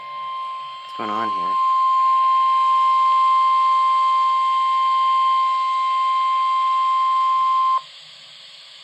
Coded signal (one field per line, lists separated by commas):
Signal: Emergency Alert System (SAME) tones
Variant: 1050 Hz attention tone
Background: speech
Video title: Rare!!! Quintuple header! (EAS #76-80)-NOAA